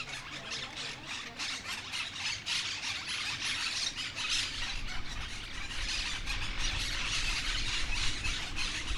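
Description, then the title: Monk parakeets in a noisy group, shrill squawking notes tumbling over one another nonstop, with a low rumble of background noise underneath. Flock noisily chattering for a while in a street in Humanes de Madrid, Madrid, Spain; recorded with a Zoom H1n recorder. "Calle Lavadero, 3, Humanes de Madrid, Madrid, España - Grupo de Cotorras Argentinas"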